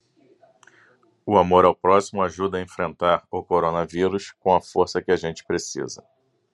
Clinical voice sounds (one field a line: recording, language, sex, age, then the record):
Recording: spoken sentence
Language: Brazilian Portuguese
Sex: male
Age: 40 to 49 years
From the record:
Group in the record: control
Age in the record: 46 years